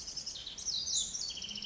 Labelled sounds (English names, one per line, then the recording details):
Pacific Wren
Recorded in Sonoma County, California